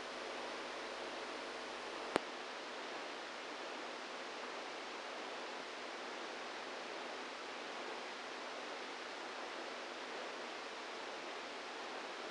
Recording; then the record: brain microelectrode recording played as sound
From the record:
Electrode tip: inside the subthalamic nucleus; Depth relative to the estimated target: 0 mm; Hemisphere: right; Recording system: NeuroSet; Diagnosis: Parkinson's disease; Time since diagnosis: 27 years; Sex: male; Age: 62 years